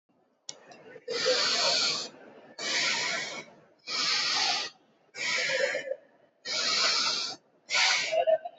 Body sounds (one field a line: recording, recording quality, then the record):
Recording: deep breathing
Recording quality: excellent, no background noise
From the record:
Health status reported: healthy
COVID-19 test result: negative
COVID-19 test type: RT-PCR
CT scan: not taken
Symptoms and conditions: cough, cold, loss of smell and taste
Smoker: yes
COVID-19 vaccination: both doses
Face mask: worn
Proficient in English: yes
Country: India